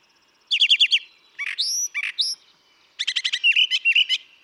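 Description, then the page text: Brown thrasher song: varied phrases, a rapid run of repeated notes, then whistled upslurred notes, then another quick series of chipping, buzzy elements, each phrase separated by short pauses. Same male recorded over about three and a quarter hours; long song sequence with a repertoire estimated at about 1300 songs; Atlanta, Michigan, March 28, 2017. "Brown thrasher. ♫411. March 28, 2017. Atlanta, Michigan"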